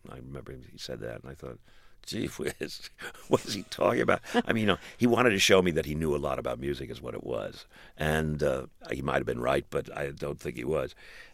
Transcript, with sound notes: I remember he said that. And I thought, gee whiz, what is he talking about?
(LAUGHTER)
I mean, you know, he wanted to show me that he knew a lot about music, is what it was. And he might have been right, but I don't think he was.